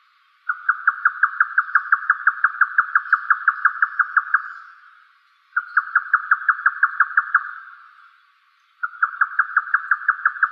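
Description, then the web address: Grey nightjar calling: three long series of hard, rapid knocking notes, each run lasting several seconds with short pauses between. "yotaka"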